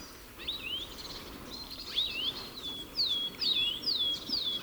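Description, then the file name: European goldfinch calls: quick, liquid twittering notes with slurred rising and falling inflections, given in short bursts over a steady background hiss. "Carduelis carduelis"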